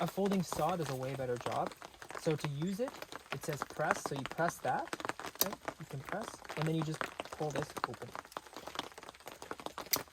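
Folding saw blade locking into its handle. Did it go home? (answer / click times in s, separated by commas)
yes / 9.9 s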